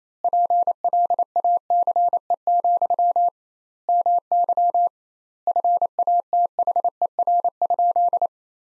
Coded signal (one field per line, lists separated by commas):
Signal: Morse code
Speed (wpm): 28 wpm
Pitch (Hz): 700 Hz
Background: none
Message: PLACE, MY FATHER?